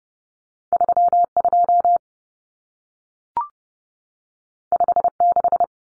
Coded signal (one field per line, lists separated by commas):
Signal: Morse code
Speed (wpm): 30 wpm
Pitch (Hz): 700 Hz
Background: none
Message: 32 56